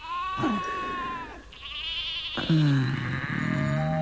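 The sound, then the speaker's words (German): Sheep bleat twice in a row, each a drawn-out, wavering, nasal call; the second is louder and lingers longer. No talking is heard. “Pass auf die Schafe auf.”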